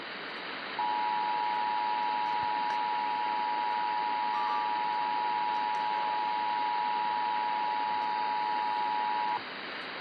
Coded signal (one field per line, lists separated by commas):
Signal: Emergency Alert System (SAME) tones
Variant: 853 and 960 Hz attention tone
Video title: MORE TESTING PART 2... EAS Tests from September 2023 (EAS #3,103 - 3,149)